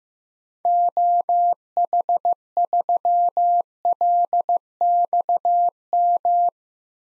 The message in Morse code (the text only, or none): OH3LXM